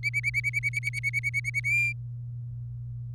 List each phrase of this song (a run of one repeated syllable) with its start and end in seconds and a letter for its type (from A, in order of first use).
0.03-1.60 A, 1.64-1.92 B